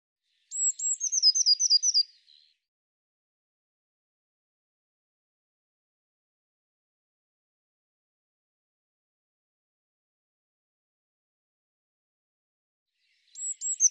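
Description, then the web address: Eurasian blue tit calling, a high chattering series of notes lasting under two seconds, then silence until a brief repeat at the very end. "cianscape birddata Deverinetal 2025 File cleaned normalized Bird Cy Ca"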